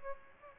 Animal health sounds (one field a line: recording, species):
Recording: mosquito wingbeat signal from an infrared sensor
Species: Aedes aegypti